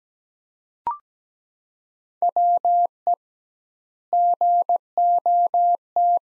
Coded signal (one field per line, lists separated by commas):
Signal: Morse code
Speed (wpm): 17 wpm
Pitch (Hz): 700 Hz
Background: none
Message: WE GOT